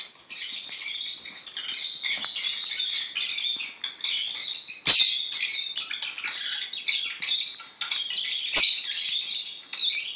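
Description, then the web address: Lovebird song as an unbroken stream of high, scratchy twitters and squeaks, punctuated by two sharp clicks. Several lovebirds (Agapornis) singing. "penie popugajchikov nerazluchnikov. parrots agapornis"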